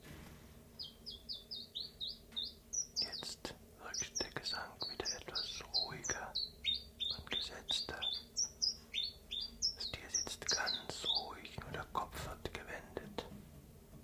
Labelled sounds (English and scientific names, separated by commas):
Common Chiffchaff (Phylloscopus collybita)